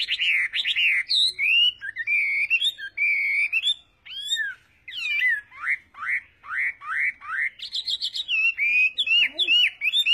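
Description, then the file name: Chinese hwamei song of varied whistled slurs and repeated downward-swooping notes, with a burst of higher, buzzier phrases near the end. "Tieng hoa mi hot"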